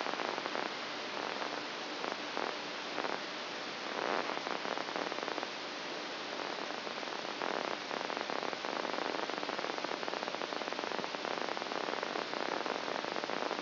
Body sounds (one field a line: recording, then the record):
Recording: brain microelectrode recording played as sound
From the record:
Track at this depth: outside the subthalamic nucleus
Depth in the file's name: 6.501 mm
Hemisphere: right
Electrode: 2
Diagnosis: Parkinson's disease